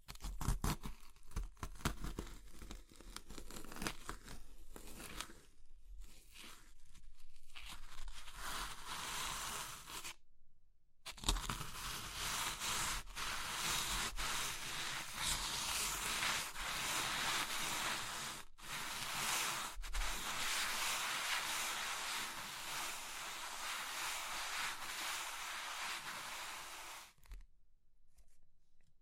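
Crumbly material like chalk, soap or meringue is crushed and rubbed in a dense, gritty crackle that runs almost continuously. Short gaps break it near 5, 7, 10, 18 and 20 seconds, and the sound stops just after 27 seconds.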